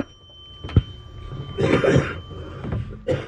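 A short burst of harsh, noisy coughing from an adult man in a small room, with faint throat sounds around it.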